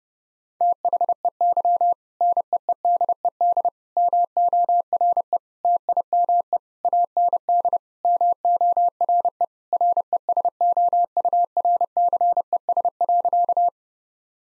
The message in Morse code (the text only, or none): THEY NEEDED MORE TIME AND MORE RESOURCES.